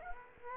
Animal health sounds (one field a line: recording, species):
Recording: mosquito wingbeat signal from an infrared sensor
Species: Aedes aegypti